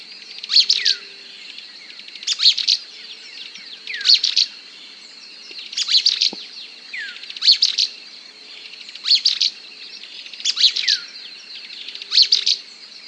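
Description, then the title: Mouse-colored tyrannulet giving sputtering bursts of chippy notes about every one and a half seconds, over a steady high buzz. Nominate subspecies Phaeomyias murina murina. "LuckyPassaro Completos2Sama. Mouse-colored Tyrannulet (Phaeomyias murina murina)"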